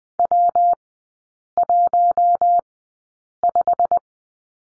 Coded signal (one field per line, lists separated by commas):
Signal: Morse code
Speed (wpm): 20 wpm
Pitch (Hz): 700 Hz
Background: none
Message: W15